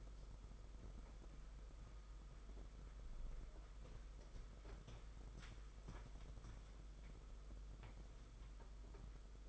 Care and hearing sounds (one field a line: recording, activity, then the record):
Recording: daily activity, microphone in the room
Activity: walk to room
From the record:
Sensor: 5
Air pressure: 991.3 hPa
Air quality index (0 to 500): 93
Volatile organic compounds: 12 ppm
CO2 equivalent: 2342 ppm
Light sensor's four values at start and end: 36/118/44/47 and 35/114/43/46